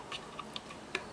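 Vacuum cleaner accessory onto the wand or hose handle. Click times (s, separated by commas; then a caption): 1.0 s. A plastic accessory part is pushed onto the wand or hose handle of a Miele C2 Compact Allergy vacuum cleaner, with light ticks at about 0.4 and 0.6 seconds over a low background hiss. It snaps into place with a sharp, louder click at 0.9 seconds, and the accessory is seated.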